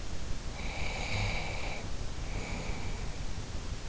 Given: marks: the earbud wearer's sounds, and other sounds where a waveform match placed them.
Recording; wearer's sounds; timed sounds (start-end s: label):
sounds in sleep by an in-ear microphone; breath
0.49-3.59 s: breath